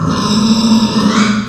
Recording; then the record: squeal of a Yucatan mini pig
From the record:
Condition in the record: after surgery on the right vocal fold (resection and tissue-engineered implant); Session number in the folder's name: 11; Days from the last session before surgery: 98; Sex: female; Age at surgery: 19 weeks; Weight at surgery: 25 kg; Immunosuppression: prednisolone